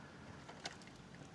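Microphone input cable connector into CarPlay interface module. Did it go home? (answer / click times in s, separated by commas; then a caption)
yes / 0.7 s. The plastic connector of a microphone input cable, labeled mic and tidied with a zip tie, is pushed into an aftermarket Apple CarPlay interface module for a Nissan Navara NP300. Over a steady low background hiss, a sharp, short click sounds at 0.7 s as the connector seats, followed by a much fainter tick at 1.1 s. The connector is seated.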